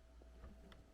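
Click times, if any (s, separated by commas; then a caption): none. A battery module connector is pushed one-handed into a Bluetti AC500 portable power station, with a low steady hum and faint handling ticks, plus a brief sharper tick around 0.7 s. Nothing has seated or clicked yet.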